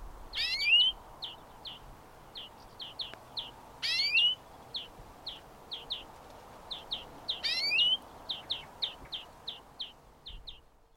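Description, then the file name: European greenfinch, repeated short high chip notes broken by three louder sweeping calls about every three to four seconds. "Chloris chloris"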